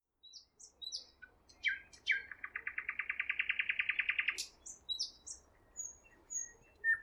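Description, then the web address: Nightingale song: scattered thin whistles lead into a rattling series of rapid repeated notes, followed by more high whistled calls. Singing at Roslawien on 13 May 2016. "slowik-spiew-slowika-roslawien-13052016"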